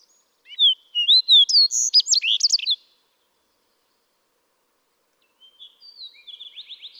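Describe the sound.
Fox Sparrow song, a loud varied phrase of sweet whistles and quick slurred notes, followed after a pause by a fainter buzzy trilling phrase.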